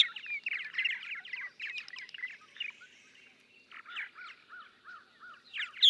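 Purple martin chatter of gurgling notes, then a quieter stretch followed by a run of evenly spaced arched chirps, ending in a sharp loud note.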